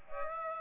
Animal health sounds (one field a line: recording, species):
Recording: mosquito wingbeat signal from an infrared sensor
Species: Aedes aegypti